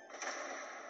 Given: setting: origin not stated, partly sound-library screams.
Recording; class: one-second piece from a danger detection set; woman in danger